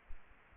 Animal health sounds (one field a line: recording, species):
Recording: mosquito wingbeat signal from an infrared sensor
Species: Aedes aegypti